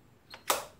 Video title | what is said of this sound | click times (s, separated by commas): How & When to Wear a Weight Lifting Belt - GIVEAWAY | snap it and it's in place ready to go so | 0.5 s